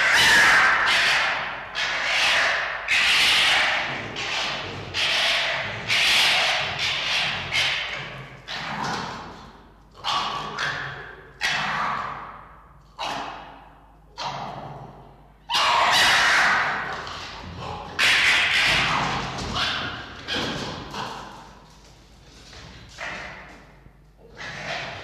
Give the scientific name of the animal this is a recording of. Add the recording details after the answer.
Vulpes vulpes. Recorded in captivity. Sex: pair. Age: adult. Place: Zoologisches Institut der HUB, Berlin, DE. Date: 1953-02-12 17:45. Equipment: Elmetra. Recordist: Tembrock, Günter